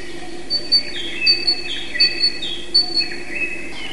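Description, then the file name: Great tit giving short, sharp chirps repeated irregularly, several notes per second at times, over a faint steady hum. "sinica bolshaja"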